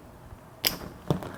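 A small LED marker light with prongs on the back is pressed into the plastic front grille opening of a Ford Bronco. It snaps into place with a sharp click at 0.7 s, followed by fainter, lower knocks around 1.1 s and 1.2 s. The light is seated in the grille.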